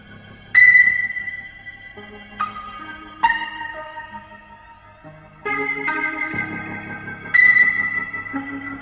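A rock recording plays with no voices: bright, ringing ping-like keyboard notes strike every second or two over slow, sustained chords and a low bass drone, building gradually in fullness.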